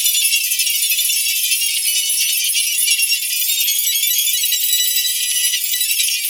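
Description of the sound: A steady, continuous tinnitus masking sound of the distractor type from a tinnitus masker device: broadband hiss confined to high frequencies above about 2 kHz, with nothing below, at an even level throughout.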